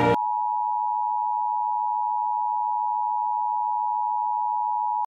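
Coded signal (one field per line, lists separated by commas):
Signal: Emergency Alert System (SAME) tones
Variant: 853 and 960 Hz attention tone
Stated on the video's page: Fictional simulated alert, not real.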